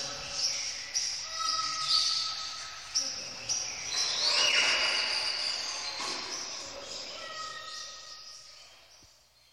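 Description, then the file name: Birds in a dense chorus of high chirps and steady whistled tones that rise to a peak midway and then fade toward the end. "uccelli birds"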